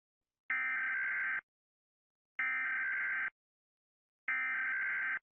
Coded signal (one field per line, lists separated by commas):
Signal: Emergency Alert System (SAME) tones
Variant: header bursts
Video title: The Broken Masquerade - SCP EAS SCENARIO